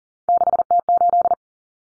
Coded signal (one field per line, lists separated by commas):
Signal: Morse code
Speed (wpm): 40 wpm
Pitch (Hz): 700 Hz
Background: none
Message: 6T8